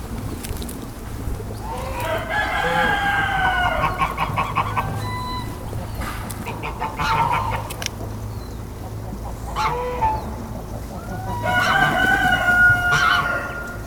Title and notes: Besnate - Cascina Pasque' - 20181211-Oche e un gallo presso un ruscello